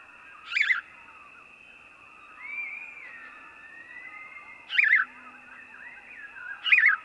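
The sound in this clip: House sparrow chirps: three separated, harsh double chirps with long gaps, a soft gliding whistle in between and a steady high-pitched tone throughout.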